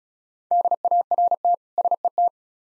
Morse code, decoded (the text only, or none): DART SET